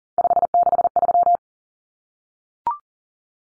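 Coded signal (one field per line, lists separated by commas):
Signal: Morse code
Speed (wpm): 40 wpm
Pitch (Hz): 700 Hz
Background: none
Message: 563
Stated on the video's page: Common three-digit cut numbers (T, A, N for 0, 1, 9) sent in Morse at 40wpm, each sent, spoken, then sent again for head-copy practice.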